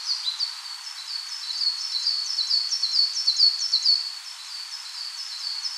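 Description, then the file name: Coal tit song: rapid, high-pitched repeated two-note phrases running continuously and densely, with a faint background hiss. "Parus ater"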